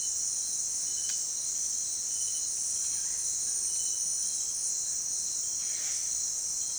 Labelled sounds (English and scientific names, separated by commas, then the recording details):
none
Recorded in dense forest near Puerto Asís, Putumayo, Colombia, on 22 June 2025 at 17:30
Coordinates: 0.468, -76.322
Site GP03